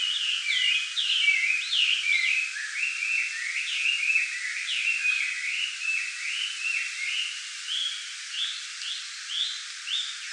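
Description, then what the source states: Chinese hwamei song: a long, varied run of whistled phrases, each note sliding up or down, delivered continuously. Recorded 4 July 2018.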